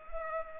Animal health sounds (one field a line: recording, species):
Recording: mosquito wingbeat signal from an infrared sensor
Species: Culex pipiens